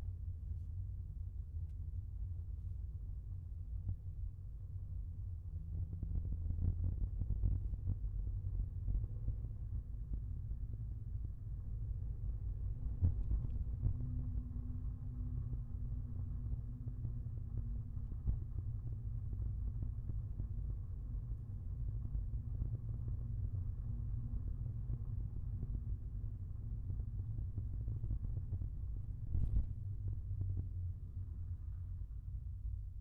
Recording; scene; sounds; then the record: everyday scene through a hearing-aid microphone; in a vehicle; engine, rumble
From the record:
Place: Skoda Fabia, gasoline engine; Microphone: behind the ear, left, rear